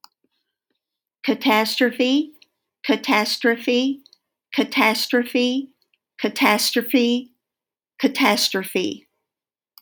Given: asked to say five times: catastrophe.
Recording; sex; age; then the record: repeated word; female; 60 to 69 years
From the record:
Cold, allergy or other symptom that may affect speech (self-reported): no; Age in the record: 62 years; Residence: Colorado, United States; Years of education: 16